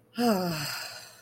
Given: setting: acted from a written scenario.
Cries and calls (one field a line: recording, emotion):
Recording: vocal sound without words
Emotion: serenity